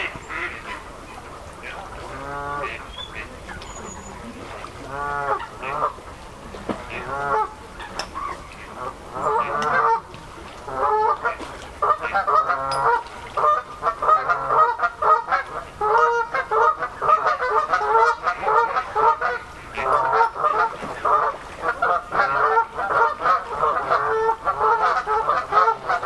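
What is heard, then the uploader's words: Wildfowl call across a misty marsh, a chorus of goose-like honks and cackles that starts sparse and grows denser and louder after about ten seconds. Calls overlap in quick, irregular bursts, mid-pitched, over a faint low rumble. The soothing calls of wildfowl through the mist on the Avalon Marshes. It's a wintry afternoon on the Somerset Levels. In the pre-dusk light, you watch as a thin mist evolves from the reeds and settles on the ice. Undeterred by the by the frigid conditions are coots int their scores. Recorded by Daniel Graham.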